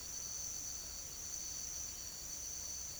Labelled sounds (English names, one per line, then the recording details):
none
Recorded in secondary vegetation near Puerto Asís, Putumayo, Colombia, on 23 June 2025 at 07:30
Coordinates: 0.500, -76.326
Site GP08